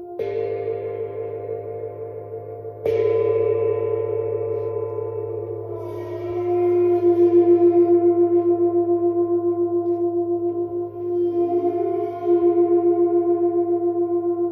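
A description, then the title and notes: A gong rings with a deep, sustained hum and layered ringing tones that swell and waver throughout. It is struck again near three seconds, and from about six seconds a bright, pulsing tone rises and beats steadily, fading briefly near eleven seconds before returning. Deep Healing Sounds from Neptune Gong. The Neptune Gong produces resonant and soothing tones.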